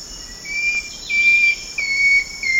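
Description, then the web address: Long-tailed woodcreeper singing several sharp whistled notes at an even pitch, set against a constant shrill insect hum. South America, Eastern Lowlands. "Natures Songs S America Eastern Lowlands. Long-tailed Woodcreeper"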